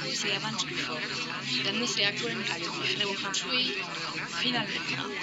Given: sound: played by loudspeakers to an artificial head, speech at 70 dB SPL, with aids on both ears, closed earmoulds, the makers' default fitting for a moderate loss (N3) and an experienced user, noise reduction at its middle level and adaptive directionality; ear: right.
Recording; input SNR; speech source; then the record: speech test signal (ISTS) in cocktail-party noise; -6 dB; on the right (90 degrees)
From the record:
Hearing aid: class 1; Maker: A